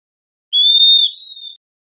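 Western wood-pewee giving one clear, high whistled note that holds nearly level for about a second and fades at the end; no other sounds.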